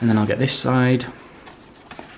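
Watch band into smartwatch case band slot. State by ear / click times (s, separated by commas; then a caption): not seated / none. Someone talks during the first second while handling a watch band for the other side of a Space Grey 44 mm Apple Watch Series 5, lining it up to slide into the groove of the case's band slot. Quiet handling follows, with two faint short taps near 1.9 and 2.0 seconds. The band has not yet clicked or seated when the clip ends.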